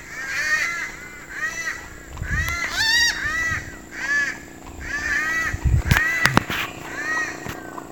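Cuban palm crow giving a rapid series of nasal, arched caws, with a few sharp clicks and knocks in the middle and background hiss.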